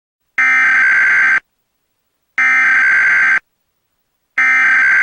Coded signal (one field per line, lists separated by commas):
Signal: Emergency Alert System (SAME) tones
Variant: header bursts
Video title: EAS Mock: What if Texas used IPAWSCAP on RMT?